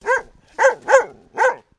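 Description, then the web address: Dalmatian barking: four short, hoarse barks, each arching up then down in pitch, the middle two close together and the first and last set apart. Female Dalmatian dog barking. "Sound Effects-Foundation 1 ANIMAL DOG DALMATIAN FEMALE BARK"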